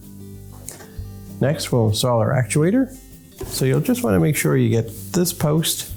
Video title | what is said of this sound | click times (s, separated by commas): Whirlpool Washer Repair - How to Replace the Transmission | clockwise and it'll snap into place just like that | 0.7 s